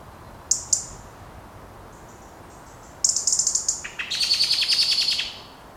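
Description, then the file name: European robin giving thin, very high clicking bursts, then a richer trilled phrase slightly lower in pitch lasting over a second, over quiet background. "Erithacus rubecula"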